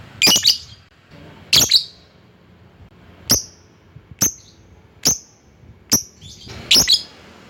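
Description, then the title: Lovebird calls: a couple of raspy double shrieks followed by single clipped high chirps about once a second, then a closing burst. Lovebird calling a rival. "Lovebird Memanggil Lawan"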